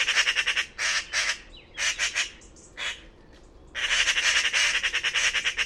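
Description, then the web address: Bird producing buzzy squawking notes, first in short separate bursts, then a longer rapid pulsed rasping series. "cianscape birddata Deverinetal 2025"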